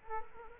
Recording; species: mosquito wingbeat signal from an infrared sensor; Culex quinquefasciatus